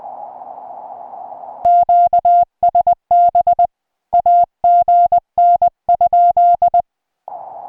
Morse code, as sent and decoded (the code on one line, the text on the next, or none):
--.- ... -... / .- --. -. ..--..
QSB AGN?